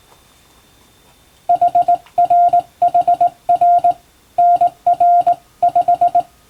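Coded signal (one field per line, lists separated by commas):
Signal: Morse code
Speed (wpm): 20 wpm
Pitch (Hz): 700 Hz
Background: none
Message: HRHR NR5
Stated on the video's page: Morse radiotelegram sent on a vertical straight key, practice using a text for sending English-language telegrams, in the style of ship-to-coast-station traffic.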